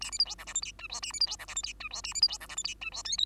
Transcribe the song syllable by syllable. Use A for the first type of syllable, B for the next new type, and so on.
A B C D E F G H I J A B C D E F G H I J A B C D E F G H I J K L